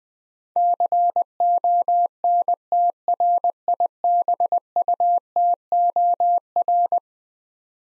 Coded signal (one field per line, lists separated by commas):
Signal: Morse code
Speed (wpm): 20 wpm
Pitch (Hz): 700 Hz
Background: none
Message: CONTRIBUTOR